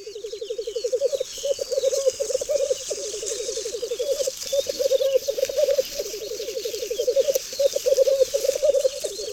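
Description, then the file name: Black grouse repeating low bubbling phrases of a couple of seconds each, separated by short breaks, with faint birdsong behind. "Cietrzew"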